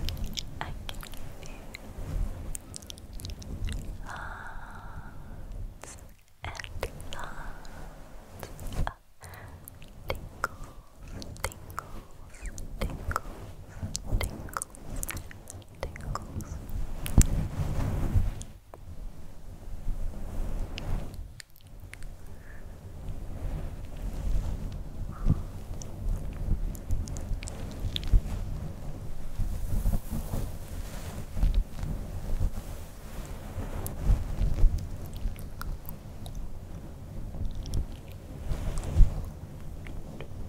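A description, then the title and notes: Soft fluffy mic touching and scratching, a dense continuous rustle with low thumps, brief silent gaps near six, nine, eighteen and twenty-one seconds. SoftGentle Fluffy Mic Touching, Scratching, Plucking.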